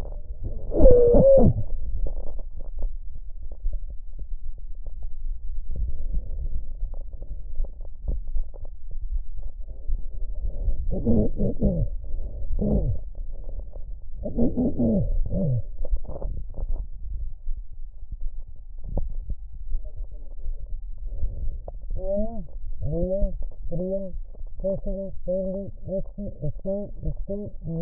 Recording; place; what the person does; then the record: lung sounds by stethoscope; right posterior basal chest; quiet breathing, then cough and speech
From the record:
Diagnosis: pulmonary infection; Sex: female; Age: 74 years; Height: 160 cm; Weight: 66 kg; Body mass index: 25.8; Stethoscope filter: extended mode